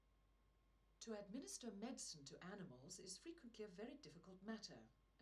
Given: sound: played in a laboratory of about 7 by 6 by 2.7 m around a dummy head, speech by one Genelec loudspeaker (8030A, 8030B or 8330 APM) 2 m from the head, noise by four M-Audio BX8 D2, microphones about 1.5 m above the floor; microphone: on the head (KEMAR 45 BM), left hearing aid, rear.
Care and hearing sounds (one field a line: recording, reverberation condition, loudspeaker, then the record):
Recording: female speech in English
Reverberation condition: low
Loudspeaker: behind (180 degrees)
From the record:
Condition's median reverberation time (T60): about 310 ms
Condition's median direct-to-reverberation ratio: about 3.5 dB